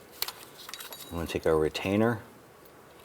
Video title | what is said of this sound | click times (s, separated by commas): How to Replace Intake Manifold 2004-2009 Dodge Durango | press it on, and you'll hear it click. | 0.2 s